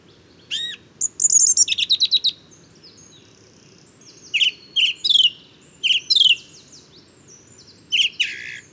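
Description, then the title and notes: Song thrush delivering bursts of repeated whistled and chattering notes, a longer phrase early on, then short repeated motifs after a quiet pause, steady low hum beneath. Male singing at daybreak, 12 February 2019, in woodland; inventive, varied, virtuoso song; Nagra Seven recorder with Telinga Pro7 parabola. "Bois de chateau serein. j&#39;enregistre une magnifique Grive musicienne"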